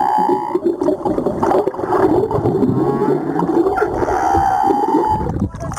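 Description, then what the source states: Humpback whale sounds: faint tonal units near the start and end, partly masked by dense gurgling, crackling underwater noise throughout. Recorded 17 April 2022.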